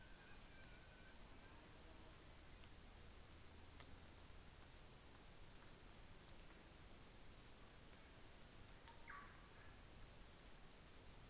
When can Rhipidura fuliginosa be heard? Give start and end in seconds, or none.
8.08-9.21